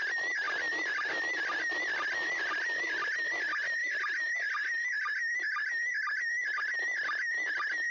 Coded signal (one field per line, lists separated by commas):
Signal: SSTV (slow-scan television)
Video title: SSTV ISS #Expedition63 4/10 Grid Square OI91ik (2)